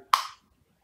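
A pod tank is put back onto the magnetic base of an e-cigarette mod and snaps into place at 0.1 s with a single sharp click. The click decays over about a quarter of a second, and the pod seats by itself and stays firmly fixed to the base.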